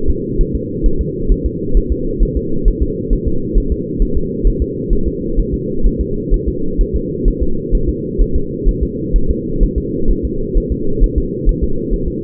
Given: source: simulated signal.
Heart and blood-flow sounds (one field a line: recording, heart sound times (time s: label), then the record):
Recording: fetal heart sounds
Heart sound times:
0.10 s: S2
0.41 s: S1
0.55 s: S2
0.86 s: S1
1.01 s: S2
1.32 s: S1
1.46 s: S2
1.77 s: S1
1.92 s: S2
2.23 s: S1
2.37 s: S2
2.68 s: S1
2.83 s: S2
3.13 s: S1
3.28 s: S2
3.58 s: S1
3.72 s: S2
4.02 s: S1
4.17 s: S2
4.47 s: S1
4.62 s: S2
4.93 s: S1
5.08 s: S2
5.39 s: S1
5.54 s: S2
5.86 s: S1
6.01 s: S2
6.34 s: S1
6.48 s: S2
6.81 s: S1
6.96 s: S2
7.28 s: S1
7.43 s: S2
7.75 s: S1
7.89 s: S2
8.22 s: S1
8.36 s: S2
8.68 s: S1
8.83 s: S2
9.16 s: S1
9.30 s: S2
9.63 s: S1
9.78 s: S2
10.11 s: S1
10.25 s: S2
10.57 s: S1
10.72 s: S2
11.03 s: S1
11.18 s: S2
11.49 s: S1
11.63 s: S2
11.93 s: S1
12.08 s: S2
From the record:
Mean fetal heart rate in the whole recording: 130 bpm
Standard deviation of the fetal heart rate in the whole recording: 4 bpm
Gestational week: 38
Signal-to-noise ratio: -8.1 dB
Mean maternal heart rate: 72 bpm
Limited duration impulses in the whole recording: absent